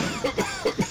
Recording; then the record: coughing mixed with background sound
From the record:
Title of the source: Dry Afternoon Cough